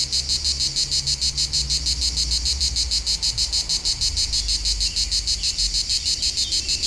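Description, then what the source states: Cicadas in full chorus, an insistent high buzz pulsing steadily and rapidly, with low rumbling in the background. Local cicadas in full activity on a hot summer day at the foot of the Molard de Vions, 39 Rue de Boveron, Vions, France; rhythmic song.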